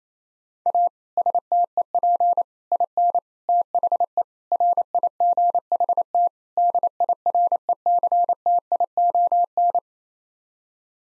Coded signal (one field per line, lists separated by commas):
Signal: Morse code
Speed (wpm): 28 wpm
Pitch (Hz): 700 Hz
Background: none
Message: A STEP IN THE RIGHT DIRECTION